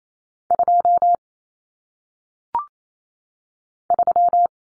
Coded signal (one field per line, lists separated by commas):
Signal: Morse code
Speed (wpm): 28 wpm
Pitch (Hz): 700 Hz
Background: none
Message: 2 3